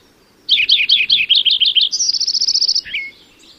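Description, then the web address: Lincoln's sparrow song, a jumbled series of bright chirps followed by a steady high trill and a final short slurred note. Recorded in California. "Lincoln's Sparrow Sounds Calif CLO"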